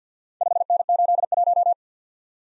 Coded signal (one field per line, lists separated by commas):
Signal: Morse code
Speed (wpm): 53 wpm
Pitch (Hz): 700 Hz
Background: none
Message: 5N81